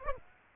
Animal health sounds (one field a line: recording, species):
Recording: mosquito wingbeat signal from an infrared sensor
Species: Aedes aegypti